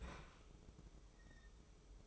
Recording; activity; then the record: daily activity, microphone in the room; open fridge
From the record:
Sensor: 1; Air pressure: 995.3 hPa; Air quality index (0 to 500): 25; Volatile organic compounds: 1 ppm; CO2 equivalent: 505 ppm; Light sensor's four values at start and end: 18/59/22/23 and 18/59/22/23